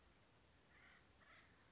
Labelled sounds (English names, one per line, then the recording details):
Acorn Woodpecker
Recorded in Sonoma County, California